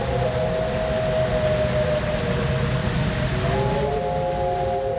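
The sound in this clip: Loon wailing, long steady mournful tones overlapping and shifting in pitch, with a constant background hiss.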